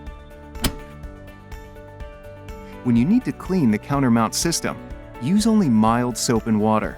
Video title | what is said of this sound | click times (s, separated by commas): How to Install PURELL® CXM™ Manual Counter Mount Dispenser | refill is not properly installed until you hear the snap | 0.7 s